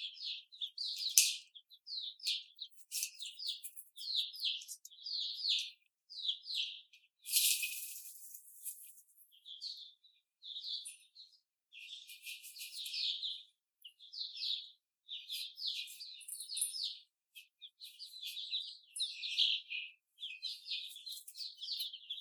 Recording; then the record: young laying hens in a cage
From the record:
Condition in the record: before the stressor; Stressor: simulated dog barking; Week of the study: 4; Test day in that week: 2